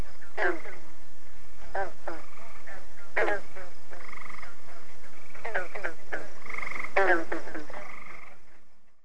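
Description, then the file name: Frogs croaking in quick clustered bursts of rasping, pulsed notes. Frogs heard together with crickets. "Las ranas y los grillos"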